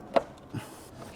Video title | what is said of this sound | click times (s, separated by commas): This OEM+ Mod Made My Old BMW Twice as Fun to Drive - E39 530i Touring - Project Rottweil PT9 | that popped into place right there so let's go underneath of the car and feed the clutch line | 0.2 s